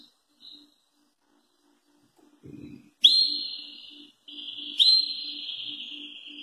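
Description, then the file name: German crested canary song: a few faint notes, then long, even rolled trills held at a high pitch, starting with a sharp bright onset, over a faint low hum. "canto do canario topete alemao"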